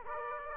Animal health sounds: mosquito wingbeat signal from an infrared sensor; Aedes aegypti

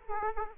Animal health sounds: mosquito wingbeat signal from an infrared sensor; Aedes aegypti

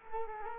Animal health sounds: mosquito wingbeat signal from an infrared sensor; Culex quinquefasciatus

